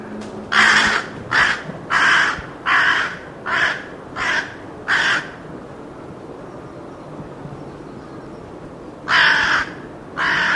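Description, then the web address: Bird giving a burst of seven short, harsh calls, then a pause of several seconds before two more. "Deverinetal 2025 File origin Bird Only"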